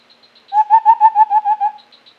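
White-browed scimitar babbler calling a quick run of several mellow hoots, with faint high ticking notes before and after.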